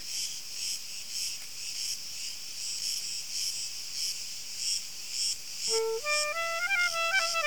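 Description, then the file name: Cricket song, a steady high pulsing trill of repeated chirps, about two a second, joined near the end by a stepped, whistled tone sequence. "Grillen"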